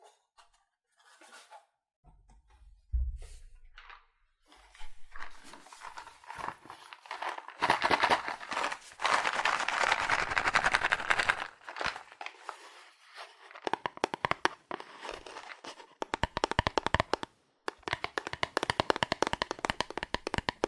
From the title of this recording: ASMR Fast Aggressive Cardboard Tapping